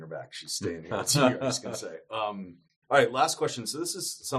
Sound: laughs